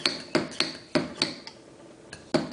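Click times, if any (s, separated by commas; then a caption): none. A hand vacuum pump is worked on a rubber wine stopper pushed into a bottle neck, where pumping continues until a click signals the air is out and the stopper is sealed. Repeated sharp pump-stroke hits sound at about 0.05, 0.3, 0.6, 0.9, 1.2, 1.5, 2.1 and 2.3 seconds. Nothing has seated or clicked yet.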